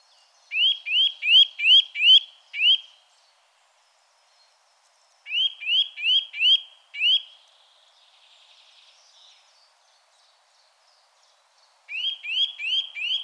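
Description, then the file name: Eurasian nuthatch giving loud, rising whistled notes in rapid runs of four to six, three bursts separated by pauses. "Sitta europaea"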